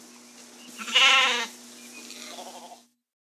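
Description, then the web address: Sheep bleat: one quavering, harmonic bleat lasting under a second, followed by a softer trailing cry, with a steady low hum underneath. "овцы"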